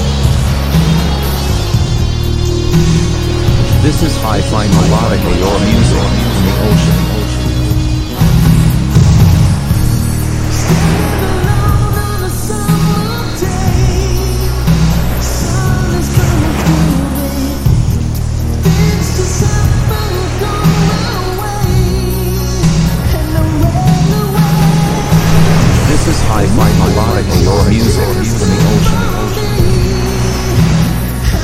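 Melodic rock music plays at a steady, constant loudness, with a heavy pulsing bass line, a regular beat, and wavering vocal-like melody lines above.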